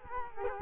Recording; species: mosquito wingbeat signal from an infrared sensor; Culex quinquefasciatus